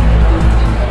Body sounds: background sound without coughing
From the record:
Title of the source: Party Noise 1 Hour Party Ambience

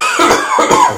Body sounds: coughing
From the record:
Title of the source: Spring Cold Coughing 2

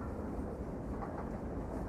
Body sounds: background sound without coughing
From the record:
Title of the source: Train Ride Ambience ambient white noise for sleeping, focus, studying, reading

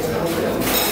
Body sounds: background sound without coughing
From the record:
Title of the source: 40 min - Ambience sounds UNIVERSITY lunchroom chatting

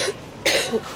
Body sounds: coughing mixed with background sound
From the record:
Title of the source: 55 gaggy wet cough

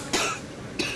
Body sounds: coughing mixed with background sound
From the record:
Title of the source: 64 coughing, allergies, singing lungs

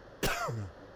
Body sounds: coughing mixed with background sound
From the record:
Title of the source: Coughing 51

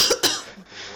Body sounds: coughing mixed with background sound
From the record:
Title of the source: November cold (wet coughing)

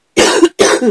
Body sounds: coughing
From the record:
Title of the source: 60 coughing still (deep and wet cough)

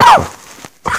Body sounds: coughing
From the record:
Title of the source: Heavy cold and sore throat coughing.

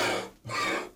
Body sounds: coughing mixed with background sound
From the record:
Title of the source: Cough Around the Clock!

